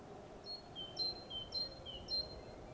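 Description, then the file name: Great tit repeating a high two-part note about four times, each a bright upper note dropping to a lower one, against faint background hum. "Parus major"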